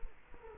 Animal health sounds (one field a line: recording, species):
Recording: mosquito wingbeat signal from an infrared sensor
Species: Culex quinquefasciatus